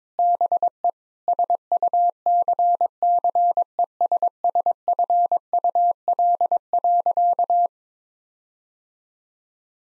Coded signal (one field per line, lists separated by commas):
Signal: Morse code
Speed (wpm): 22 wpm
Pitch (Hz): 700 Hz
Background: none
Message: BE SUCCESSFUL.